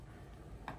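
An IPX/U.FL coax antenna plug is pressed onto its U.FL socket on an ESP32 Marauder board and snaps on with a single short, sharp click at 0.7 s. The click stands out against a low, steady background hum, and the plug is seated.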